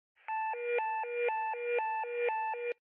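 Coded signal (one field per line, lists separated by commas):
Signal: pager alert tone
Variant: hi-lo warble alert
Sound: rapid hi-lo warbling alert, two tones alternating about ten times in 2.5 seconds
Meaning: Alert to the units dispatched to a hazmat investigation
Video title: Hazmat Investigation Tone Out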